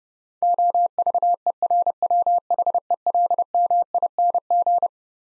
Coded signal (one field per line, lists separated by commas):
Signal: Morse code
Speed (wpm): 30 wpm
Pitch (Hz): 700 Hz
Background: none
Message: OVERWHELMING